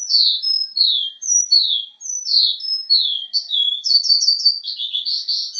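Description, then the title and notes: Bird song of high falling whistles and short flat notes, ending in a quick trilled chatter; no background sounds. Birdsong used for training (mastering) pet birds. "Suara Burung. Suara Kicauan Burung untuk memaster burung kesayangan"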